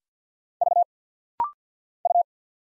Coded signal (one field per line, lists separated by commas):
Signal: Morse code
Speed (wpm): 48 wpm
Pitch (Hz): 700 Hz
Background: none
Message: V U